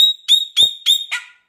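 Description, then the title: Chopi blackbird giving a series of four evenly spaced ringing whistled notes, finished by a harsher, blurred note. "Passaro Preto"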